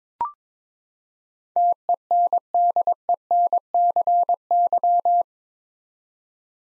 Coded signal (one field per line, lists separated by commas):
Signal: Morse code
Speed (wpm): 22 wpm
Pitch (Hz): 700 Hz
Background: none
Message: TENDENCY